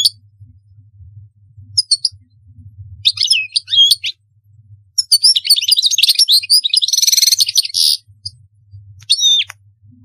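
European goldfinch singing scattered twittering phrases that build into a dense run of tinkling notes and buzzy rattles, over a steady low hum.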